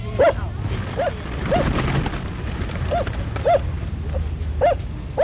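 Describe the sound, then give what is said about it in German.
A dog barks about seven times in short, sharp, mid-pitched yaps at an uneven pace, over a steady rumbling wash of noise that sounds like rain. “Die soll ihren Hund halten.”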